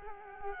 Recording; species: mosquito wingbeat signal from an infrared sensor; Culex quinquefasciatus